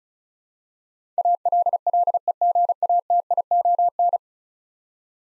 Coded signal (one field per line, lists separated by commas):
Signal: Morse code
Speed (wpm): 36 wpm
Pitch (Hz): 700 Hz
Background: none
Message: ALLEGATION